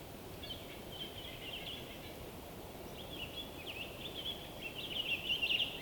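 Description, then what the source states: Bird song, high twittering phrases that grow louder toward the end, heard over constant low rumbling background noise. Winter forest by day in the North Laurentian Woods, Canada; song resonating through frozen woods.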